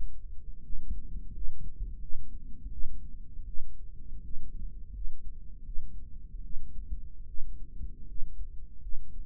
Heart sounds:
heart sounds by microphone in the right ear; 81 bpm
0.63 s: heartbeat
1.33 s: heartbeat
2.00 s: heartbeat
2.71 s: heartbeat
3.46 s: heartbeat
4.23 s: heartbeat
4.93 s: heartbeat
5.65 s: heartbeat
6.43 s: heartbeat
7.27 s: heartbeat
8.07 s: heartbeat
8.81 s: heartbeat
From the record:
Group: healthy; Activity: rest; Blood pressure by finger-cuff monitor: 123/66 mmHg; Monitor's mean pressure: 82 mmHg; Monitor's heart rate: 77 bpm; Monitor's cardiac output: 7.1 L/min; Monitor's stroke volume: 91 mL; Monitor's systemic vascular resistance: 830 dyn s/cm5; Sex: female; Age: 22 years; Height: 160 cm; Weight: 63 kg

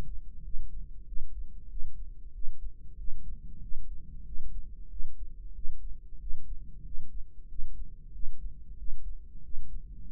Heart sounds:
heart sounds by microphone in the right ear; 93 bpm
0.45 s: heartbeat
1.08 s: heartbeat
1.71 s: heartbeat
2.35 s: heartbeat
2.99 s: heartbeat
3.63 s: heartbeat
4.27 s: heartbeat
4.91 s: heartbeat
5.56 s: heartbeat
6.22 s: heartbeat
6.86 s: heartbeat
7.50 s: heartbeat
8.15 s: heartbeat
8.79 s: heartbeat
9.45 s: heartbeat
10.09 s: heartbeat
From the record:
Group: healthy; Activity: rest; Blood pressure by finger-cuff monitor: 130/73 mmHg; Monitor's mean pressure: 90 mmHg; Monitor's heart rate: 94 bpm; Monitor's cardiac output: 7.9 L/min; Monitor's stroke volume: 84 mL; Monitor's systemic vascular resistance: 840 dyn s/cm5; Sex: male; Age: 21 years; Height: 175 cm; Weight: 72.6 kg

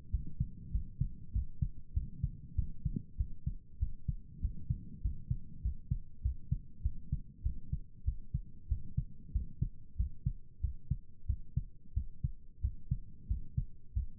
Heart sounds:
heart sounds by stethoscope; 95 bpm
0.10 s: heartbeat
0.71 s: heartbeat
1.32 s: heartbeat
1.93 s: heartbeat
2.55 s: heartbeat
3.16 s: heartbeat
3.78 s: heartbeat
4.40 s: heartbeat
5.01 s: heartbeat
5.61 s: heartbeat
6.21 s: heartbeat
6.82 s: heartbeat
7.42 s: heartbeat
8.04 s: heartbeat
8.68 s: heartbeat
9.32 s: heartbeat
9.96 s: heartbeat
10.60 s: heartbeat
11.26 s: heartbeat
11.93 s: heartbeat
12.60 s: heartbeat
13.27 s: heartbeat
13.93 s: heartbeat
From the record:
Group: healthy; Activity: rest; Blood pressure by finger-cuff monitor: 96/67 mmHg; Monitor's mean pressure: 76 mmHg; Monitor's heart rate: 97 bpm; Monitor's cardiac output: 7.7 L/min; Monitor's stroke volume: 79 mL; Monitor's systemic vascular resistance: 710 dyn s/cm5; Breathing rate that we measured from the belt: 14 breaths a minute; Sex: male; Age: 19 years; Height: 178 cm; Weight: 83 kg

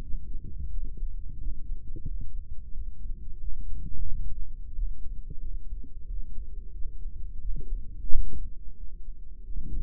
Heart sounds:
heart sounds by microphone in the right ear; 89 bpm
0.01 s: heartbeat
0.69 s: heartbeat
1.38 s: heartbeat
2.06 s: heartbeat
2.73 s: heartbeat
3.39 s: heartbeat
4.07 s: heartbeat
4.74 s: heartbeat
5.40 s: heartbeat
6.06 s: heartbeat
6.72 s: heartbeat
7.40 s: heartbeat
8.08 s: heartbeat
8.76 s: heartbeat
9.43 s: heartbeat
From the record:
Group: healthy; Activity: cold pressor test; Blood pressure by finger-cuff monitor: 150/92 mmHg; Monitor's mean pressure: 106 mmHg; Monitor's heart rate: 91 bpm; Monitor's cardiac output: 7.8 L/min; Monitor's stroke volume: 88 mL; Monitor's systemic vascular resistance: 1020 dyn s/cm5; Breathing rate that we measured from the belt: 20 breaths a minute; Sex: male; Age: 57 years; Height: 188 cm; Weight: 106 kg

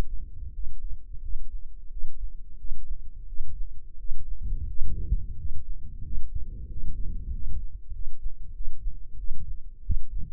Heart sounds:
heart sounds by microphone in the left ear; 90 bpm
0.51 s: heartbeat
1.20 s: heartbeat
1.89 s: heartbeat
2.57 s: heartbeat
3.26 s: heartbeat
3.97 s: heartbeat
4.66 s: heartbeat
5.35 s: heartbeat
6.02 s: heartbeat
6.67 s: heartbeat
7.30 s: heartbeat
7.92 s: heartbeat
8.53 s: heartbeat
9.16 s: heartbeat
9.82 s: heartbeat
From the record:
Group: healthy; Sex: male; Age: 23 years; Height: 179 cm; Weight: 87 kg

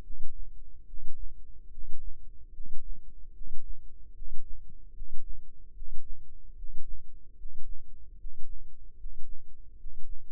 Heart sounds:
heart sounds by microphone in the left ear; 74 bpm
0.84 s: heartbeat
1.68 s: heartbeat
2.50 s: heartbeat
3.31 s: heartbeat
4.12 s: heartbeat
4.91 s: heartbeat
5.72 s: heartbeat
6.53 s: heartbeat
7.34 s: heartbeat
8.15 s: heartbeat
8.95 s: heartbeat
9.75 s: heartbeat
From the record:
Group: healthy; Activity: breath hold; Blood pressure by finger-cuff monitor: 105/60 mmHg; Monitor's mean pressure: 73 mmHg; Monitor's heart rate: 73 bpm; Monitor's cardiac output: 7.4 L/min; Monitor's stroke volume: 101 mL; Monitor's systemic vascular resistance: 710 dyn s/cm5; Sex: male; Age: 35 years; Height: 180 cm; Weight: 86.9 kg

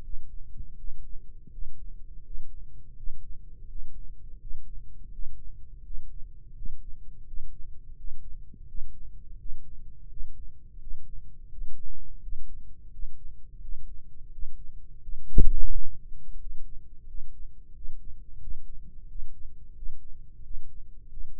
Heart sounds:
heart sounds by microphone in the right ear; 86 bpm
0.74 s: heartbeat
1.48 s: heartbeat
2.21 s: heartbeat
2.93 s: heartbeat
3.65 s: heartbeat
4.36 s: heartbeat
5.09 s: heartbeat
5.80 s: heartbeat
6.52 s: heartbeat
7.23 s: heartbeat
7.94 s: heartbeat
8.64 s: heartbeat
9.35 s: heartbeat
10.06 s: heartbeat
10.77 s: heartbeat
11.47 s: heartbeat
12.18 s: heartbeat
12.89 s: heartbeat
13.58 s: heartbeat
14.29 s: heartbeat
14.99 s: heartbeat
15.68 s: heartbeat
16.36 s: heartbeat
17.04 s: heartbeat
17.71 s: heartbeat
18.37 s: heartbeat
19.05 s: heartbeat
19.73 s: heartbeat
20.41 s: heartbeat
21.07 s: heartbeat
From the record:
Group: healthy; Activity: Valsalva maneuver 0-18 s, rest 18-21 s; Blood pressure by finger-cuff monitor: 106/66 mmHg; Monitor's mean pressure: 78 mmHg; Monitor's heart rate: 85 bpm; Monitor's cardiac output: 6.8 L/min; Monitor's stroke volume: 81 mL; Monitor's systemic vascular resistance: 820 dyn s/cm5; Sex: male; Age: 21 years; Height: 180 cm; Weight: 67.5 kg

